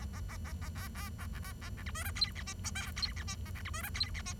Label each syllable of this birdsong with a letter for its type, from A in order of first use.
A A A A A B B A A A A C D E F G H I J K G H I A C D E F G H I